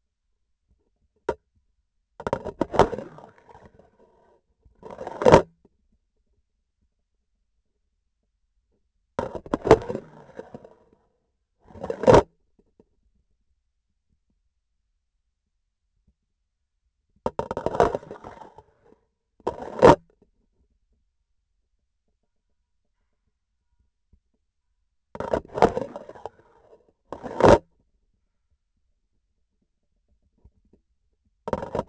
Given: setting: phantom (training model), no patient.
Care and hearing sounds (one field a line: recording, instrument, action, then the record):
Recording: laparoscopic instrument, vibration sensor on the handle end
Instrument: grasping forceps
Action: insertion and removal through the trocar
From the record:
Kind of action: spatial motion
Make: other than Olympus